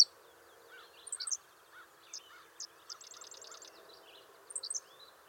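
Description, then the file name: Henslow's sparrow song: short, high, clipped phrases twice, over ticking trills and a series of lower whistled notes. "Ammodramus henslowii - Henslow's Sparrow"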